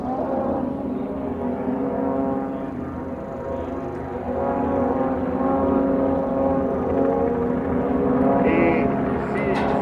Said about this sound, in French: Un avion.